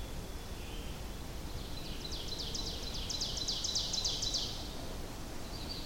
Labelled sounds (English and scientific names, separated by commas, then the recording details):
Ovenbird (Seiurus aurocapilla) song
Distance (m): 70 m
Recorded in boreal forest in Alberta, Canada, on 25 June 2016 at 07:49
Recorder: SongMeter 3, array SBT-6-76
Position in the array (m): 301 m, 78 m
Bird 1